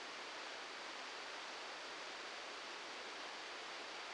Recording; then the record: brain microelectrode recording played as sound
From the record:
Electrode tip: outside the subthalamic nucleus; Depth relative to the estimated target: 0 mm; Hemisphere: left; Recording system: NeuroSet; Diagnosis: Parkinson's disease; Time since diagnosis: 7 years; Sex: male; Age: 44 years